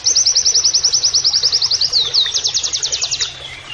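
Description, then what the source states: White-eye singing one continuous fast trill of high repeated notes, shifting into steeper downslurred notes before fading. Masteran (training) recording of a gacor (persistently singing) white-eye (pleci) delivering canary-like phrases (nembak kenarian).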